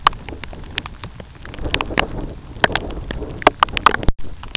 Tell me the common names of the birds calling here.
none